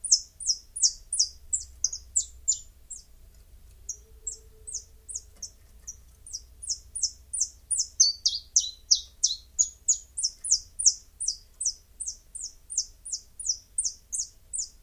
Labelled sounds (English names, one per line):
Common Chiffchaff song